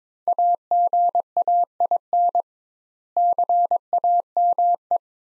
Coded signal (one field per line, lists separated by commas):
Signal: Morse code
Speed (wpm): 22 wpm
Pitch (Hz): 700 Hz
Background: none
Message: AGAIN CAME